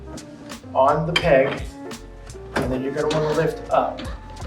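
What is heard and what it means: Someone talks while a wrench is put on the peg of a movable wall panel that hangs in a ceiling track, ready to be lifted up so the panel locks into its stacked position. A brief knock is heard at about 1.9 seconds. Nothing has seated or clicked yet; the panel is not yet locked in place.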